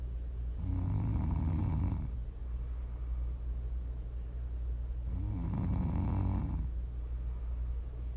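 Two low, rumbling snores on inhalation about 4.5 seconds apart from a sleeping adult, with steady sleep breathing between them over a constant low hum.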